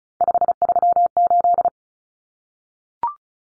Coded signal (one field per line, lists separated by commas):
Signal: Morse code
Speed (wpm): 34 wpm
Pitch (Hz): 700 Hz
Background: none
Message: 538